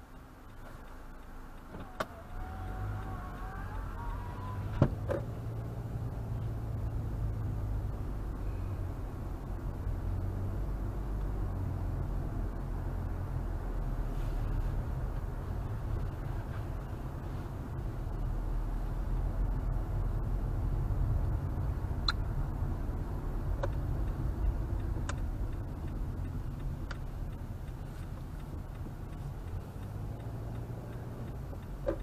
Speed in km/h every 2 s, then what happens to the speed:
0, 3, 5, 19, 31, 35, 40, 44, 42, 40, 44, 40, 34, 21, 18, 21.
0-2 standing. 2-13 speeds up to 44. 13-23 steady at about 42. 23-28 brakes to 18.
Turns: none.